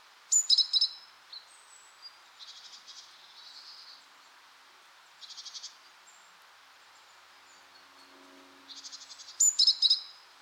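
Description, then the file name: Great tit calls, high clipped note clusters at the start and end, with soft repeated buzzy bursts in the middle. "Parus major"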